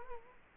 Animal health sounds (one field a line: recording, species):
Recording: mosquito wingbeat signal from an infrared sensor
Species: Culex quinquefasciatus